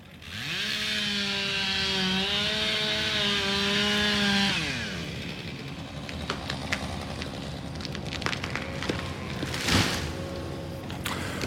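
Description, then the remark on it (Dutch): A chainsaw felling poplar trees in the Hedwige Polder roars at high revs for a few seconds, its engine pitch wavering, then winds down and stops, giving way to scattered crackling, snapping and rustling of wood. “Honderden populieren gaan er in de Hedwiggepolder tegen de vlakte.”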